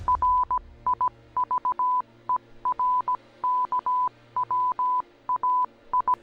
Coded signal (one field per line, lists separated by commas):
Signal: Morse code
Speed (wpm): 17 wpm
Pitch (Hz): 1000 Hz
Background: none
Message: RIVER KWAI